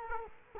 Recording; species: mosquito wingbeat signal from an infrared sensor; Culex quinquefasciatus